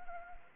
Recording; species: mosquito wingbeat signal from an infrared sensor; Anopheles arabiensis